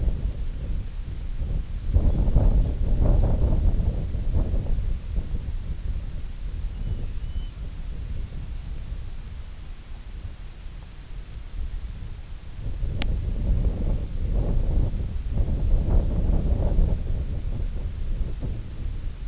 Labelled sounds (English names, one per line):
unidentified sound
Grey Plover